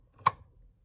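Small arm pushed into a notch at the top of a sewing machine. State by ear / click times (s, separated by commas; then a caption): seated / 0.3 s. During threading of a Baby Lock Zest sewing machine, a small arm that was pulled back out is pushed into a notch at the top of the machine. A faint contact is heard at 0.2 s, then a sharp, bright click at 0.3 s as the arm seats in the notch. It clicks into place.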